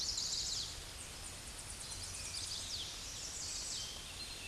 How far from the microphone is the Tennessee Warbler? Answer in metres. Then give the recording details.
about 45 m. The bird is about 15 m above the microphone. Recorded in a Pennsylvania forest on 16 May 2024 at 08:22. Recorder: AudioMoth, point MSD-0827. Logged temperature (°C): 12.1 °C. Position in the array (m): 86 m, 220 m